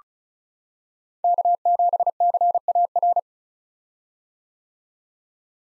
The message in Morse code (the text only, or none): K7CAR